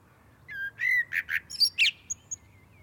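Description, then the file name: Common blackbird song phrase: a low fluted whistle followed by several quick twittering notes, some high and squeaky, ending in faint chips. "Turdus merula"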